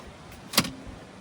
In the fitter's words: it clicks into place.